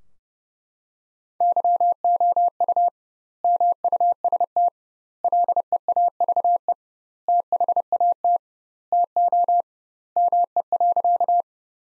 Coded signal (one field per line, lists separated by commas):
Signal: Morse code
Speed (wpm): 30 wpm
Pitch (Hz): 700 Hz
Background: none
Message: YOU MUST LEAVE THAT TO ME.